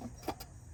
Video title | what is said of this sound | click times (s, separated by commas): Changing Your Oil Without A Jack (On A Jeep) | oh there it went okay not really much of a click but I felt it settle into the threads that gets them lined up | 0.4 s